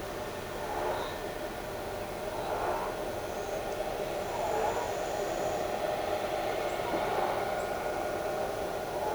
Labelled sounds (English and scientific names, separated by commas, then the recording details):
none
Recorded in shrubland near Pivijay, Magdalena, Colombia, on 13 April 2023 at 17:30
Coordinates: 10.453, -74.365
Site P5-G022